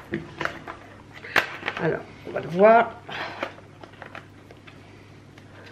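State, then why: Not seated. A mop pad holder is handled at the water tank of an Ultenic D6s robot vacuum cleaner, with the two buttons to be pressed so it engages. Someone talks while a series of light taps and knocks sounds in a small room. Nothing has seated or clicked yet when the clip ends.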